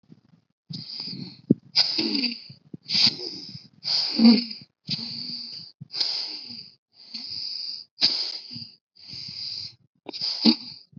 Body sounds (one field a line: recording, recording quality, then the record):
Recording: deep breathing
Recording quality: excellent, no background noise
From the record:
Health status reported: healthy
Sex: female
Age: 49 years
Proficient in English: yes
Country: India